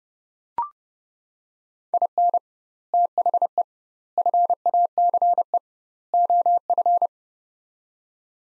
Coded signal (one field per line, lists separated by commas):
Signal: Morse code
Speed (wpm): 30 wpm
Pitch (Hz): 700 Hz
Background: none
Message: IN THE FACE OF